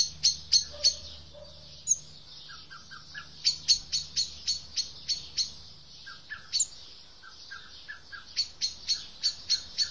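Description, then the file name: Common blackbird uttering rapid bursts of high, metallic chinks separated by short pauses, with soft lower clucks between bursts and a faint low hum beneath. "Turdus merula"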